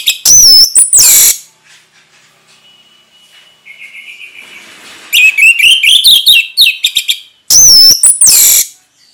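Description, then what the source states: Orange-headed thrush song, loud sweeping whistles opening and closing, with a quiet stretch and a run of quick warbled notes between. Sung in the ngeplong style, described as gacor, meaning it sings readily and steadily.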